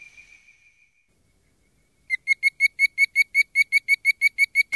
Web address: Frog Calls Hyla avivoca - Bird Voiced Treefrog